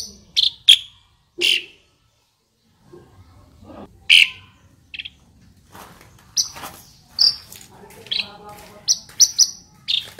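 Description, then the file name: Asian pied starling uttering loud sharp chirps, a pause, then a quicker run of high clipped notes and soft chatter. Local Indonesian name jalak suren; described as a champion bird. "suara burung jalak suren juara"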